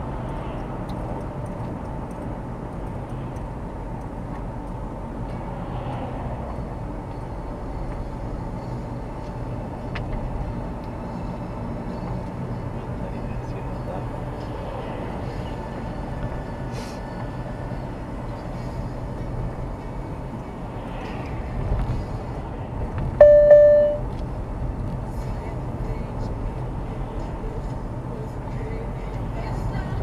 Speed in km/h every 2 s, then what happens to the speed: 54, 54, 55, 55, 57, 56, 56, 58, 57, 52, 52, 52, 53, 54, 57.
0-30 steady at about 55.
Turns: none.